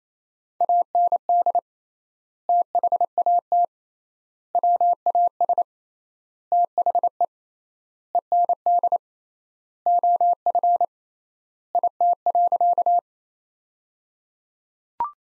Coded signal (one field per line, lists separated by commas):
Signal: Morse code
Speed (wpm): 28 wpm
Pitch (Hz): 700 Hz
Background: none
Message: AND THAT WAS THE END OF IT.